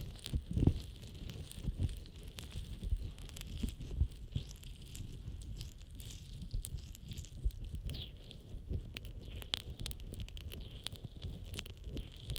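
Rubbing and stroking across the ear in a steady, dense stream of soft scratchy friction, heavy in the low end. Small crackles and taps break through irregularly, a sharper one near the start, with a faint thin hiss running high throughout.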